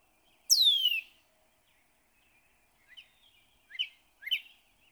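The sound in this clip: Northern cardinal song: a loud whistled downslur, then after a pause three short rising whistled notes, with faint chatter in the background.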